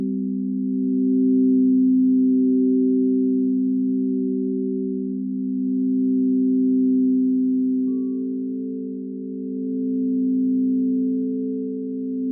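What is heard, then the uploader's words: A sound bath of low, pure humming tones held steadily for the whole stretch, layered in a few close pitches. The blend swells and eases gently in slow waves, and near the eighth second a higher tone joins briefly and the upper layer shifts slightly. Healing Vibrations & Sound Bath.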